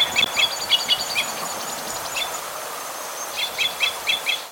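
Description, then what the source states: Red crossbill calls, quick bursts of short chip notes at the start, a pause with faint sounds, then a few more paired chips near the end, with a steady hiss. Type E call type.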